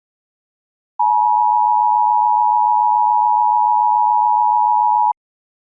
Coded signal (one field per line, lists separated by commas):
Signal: Emergency Alert System (SAME) tones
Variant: 853 and 960 Hz attention tone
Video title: The Motown Flash Flood Event | EAS Mock #24